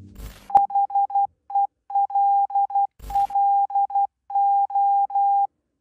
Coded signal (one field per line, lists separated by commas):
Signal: Morse code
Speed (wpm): 12 wpm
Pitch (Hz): 800 Hz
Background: none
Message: HELLO